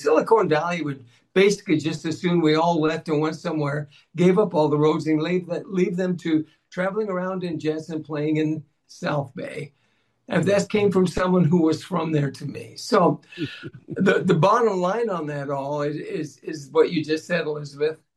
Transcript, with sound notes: Silicon Valley would basically just as soon we all left and went somewhere, gave up all the rosary believe that, leave them to traveling around in jets and playing in South Bay. And this came from someone who was from there to me.
So-
(laughs)
... the- the bottom line on that all i- is- is what you just said, Elizabeth,